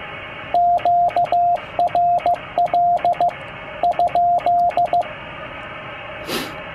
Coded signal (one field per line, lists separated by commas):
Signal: Morse code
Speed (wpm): 15 wpm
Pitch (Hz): 700 Hz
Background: radio noise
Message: QRL ?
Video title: QRPGuys triband vertical antenna deployment. How I deploy mine.